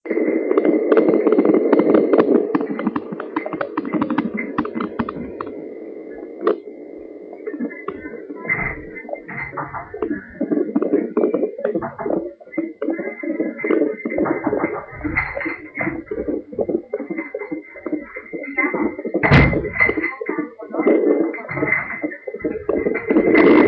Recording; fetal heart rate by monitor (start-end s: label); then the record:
fetal heart sounds by stethoscope on the mother's abdomen
0.00-10.00 s: 154 bpm
10.00-20.00 s: 146 bpm
From the record:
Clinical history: slow growth of one twin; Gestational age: 31 weeks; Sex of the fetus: twin boys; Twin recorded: left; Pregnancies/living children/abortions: 2/1/0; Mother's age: 28 years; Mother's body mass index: 24.9